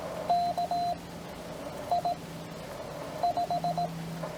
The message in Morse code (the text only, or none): KI5